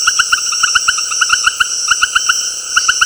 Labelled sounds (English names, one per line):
none